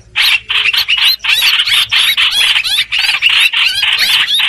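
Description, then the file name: Streak-eared bulbul uttering short bursts of scratchy, twisting squeals in quick clusters, separated by brief pauses. Distress call given to call the flock. "Tieng chim trao trao keu cuu goi bay"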